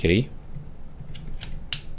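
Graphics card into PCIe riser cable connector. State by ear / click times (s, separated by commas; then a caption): seated / 1.7 s. A graphics card is slotted into a PCIe riser cable connector. Someone talks briefly at the start, and two softer clicks at about 1.2 and 1.4 seconds come before a sharp, loud click at 1.7 seconds. The card seats in the riser connector.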